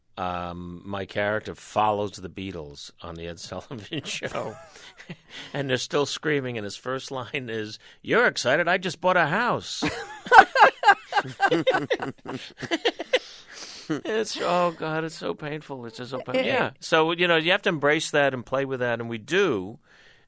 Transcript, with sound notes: my character follows to The Beatles on "The Ed Sullivan Show." And they're still screaming, and his first line is, you're excited? I just bought a house.
(LAUGHTER)
It's - oh god, it's so painful. It's just so pain - yeah. So, you know, you have to embrace that and play with that. And we do.